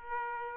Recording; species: mosquito wingbeat signal from an infrared sensor; Aedes aegypti